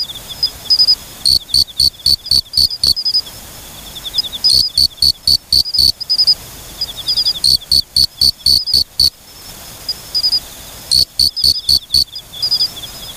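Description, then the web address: Forest okame cricket repeating tight bursts of six to eight bright, high chirps about every three seconds, while a quieter insect trills steadily in the background. "sikioto insect moriokamekourogi"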